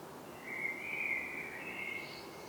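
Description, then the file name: Common blackbird giving a single mellow whistled phrase, smooth and fluting, that finishes with a brief higher twitter over a steady hiss. "Turdus merula"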